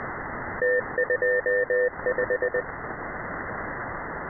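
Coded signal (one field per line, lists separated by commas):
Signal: Morse code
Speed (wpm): 20 wpm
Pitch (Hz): 500 Hz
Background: radio noise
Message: T25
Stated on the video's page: Scheduled numbers-station message: 3-digit ID, group count, BT separators, and thirty 5-digit groups.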